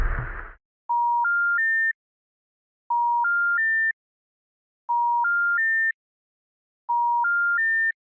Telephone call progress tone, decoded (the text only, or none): special information tone